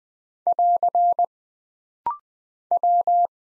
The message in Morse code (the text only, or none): <AR> W